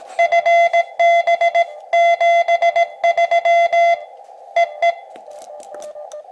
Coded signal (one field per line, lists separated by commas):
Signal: Morse code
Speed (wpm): 18 wpm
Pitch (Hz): 680 Hz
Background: none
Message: FB 73 EE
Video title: Spartan Sprint CW QRP Ham Radio Contest | Elecraft KX2 | Dipole Antenna